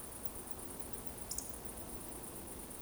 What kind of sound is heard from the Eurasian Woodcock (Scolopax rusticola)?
whistle